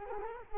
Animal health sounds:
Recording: mosquito wingbeat signal from an infrared sensor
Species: Culex quinquefasciatus

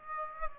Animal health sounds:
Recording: mosquito wingbeat signal from an infrared sensor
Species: Aedes aegypti

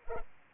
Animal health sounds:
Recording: mosquito wingbeat signal from an infrared sensor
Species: Culex pipiens

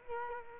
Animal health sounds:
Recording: mosquito wingbeat signal from an infrared sensor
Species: Culex quinquefasciatus

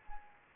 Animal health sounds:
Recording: mosquito wingbeat signal from an infrared sensor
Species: Anopheles arabiensis

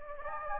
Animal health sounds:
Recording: mosquito wingbeat signal from an infrared sensor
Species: Anopheles gambiae

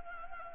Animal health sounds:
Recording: mosquito wingbeat signal from an infrared sensor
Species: Anopheles gambiae

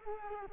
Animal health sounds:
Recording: mosquito wingbeat signal from an infrared sensor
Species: Culex quinquefasciatus

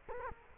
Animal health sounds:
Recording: mosquito wingbeat signal from an infrared sensor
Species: Culex quinquefasciatus

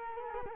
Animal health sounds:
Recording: mosquito wingbeat signal from an infrared sensor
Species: Culex quinquefasciatus

